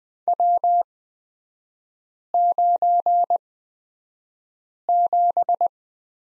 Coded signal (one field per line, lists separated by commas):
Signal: Morse code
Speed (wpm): 20 wpm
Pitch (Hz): 700 Hz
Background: none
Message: W97